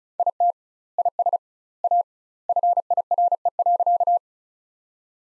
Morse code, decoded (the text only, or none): IT IS A FIRE.